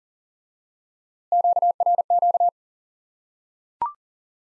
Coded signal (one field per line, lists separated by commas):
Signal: Morse code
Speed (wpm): 37 wpm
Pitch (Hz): 700 Hz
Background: none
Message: QRQ